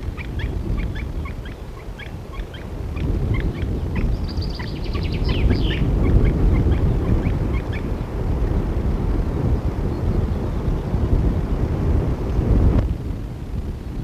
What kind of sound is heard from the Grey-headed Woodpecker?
call